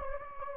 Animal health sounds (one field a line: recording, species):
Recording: mosquito wingbeat signal from an infrared sensor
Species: Anopheles gambiae